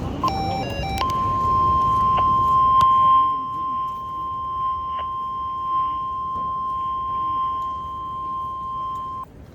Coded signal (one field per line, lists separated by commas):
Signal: Emergency Alert System (SAME) tones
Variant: 1050 Hz attention tone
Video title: Tornado warning ( EAS #8)